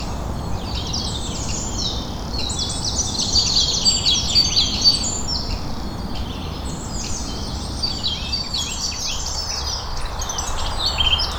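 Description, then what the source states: Birds in full song, bright twittering phrases rising to a busier burst midway then continuing, set against a persistent low-pitched rumble. Birdsong on Cadbury Hill.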